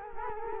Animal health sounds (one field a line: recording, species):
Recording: mosquito wingbeat signal from an infrared sensor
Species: Culex quinquefasciatus